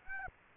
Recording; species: mosquito wingbeat signal from an infrared sensor; Aedes aegypti